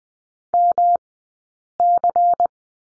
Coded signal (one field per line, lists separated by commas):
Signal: Morse code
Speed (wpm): 20 wpm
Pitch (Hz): 700 Hz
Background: none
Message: MC